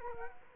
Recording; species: mosquito wingbeat signal from an infrared sensor; Culex quinquefasciatus